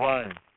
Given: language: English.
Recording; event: throat vibration sensor signal played as sound; speech